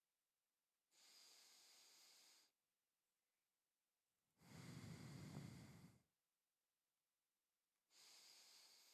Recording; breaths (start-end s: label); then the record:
nose breathing near a microphone
0.74-2.54 s: inhalation
4.19-6.14 s: exhalation
7.74-8.94 s: inhalation
From the record:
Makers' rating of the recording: medium